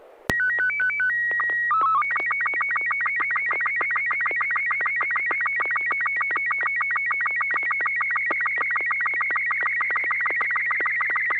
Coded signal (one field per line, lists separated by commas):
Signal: SSTV (slow-scan television)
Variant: Robot 36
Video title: N6NA SSTV Net - 04/06/2022